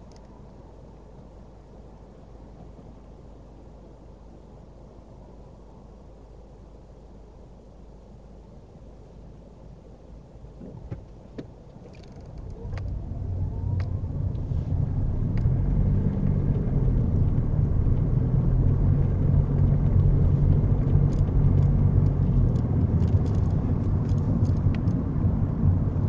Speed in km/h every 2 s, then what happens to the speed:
0, 0, 0, 0, 0, 5, 16, 23, 26, 29, 32, 32, 29.
0-9 standing. 9-19 pulls away to 32.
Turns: none.